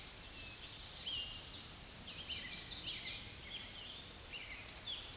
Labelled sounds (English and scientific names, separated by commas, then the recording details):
Chestnut-sided Warbler (Setophaga pensylvanica) song
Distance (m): 20 m
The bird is about 5 m above the microphone
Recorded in a Pennsylvania forest on 16 May 2024 at 06:45
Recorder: AudioMoth, point MSD-2074
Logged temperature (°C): 16.3 °C
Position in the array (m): 177 m, 184 m